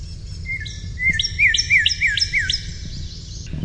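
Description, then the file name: Northern cardinal song: a quick run of about six clear, down-slurred whistles, each dropping sharply, over a low rumble. "NOCA song"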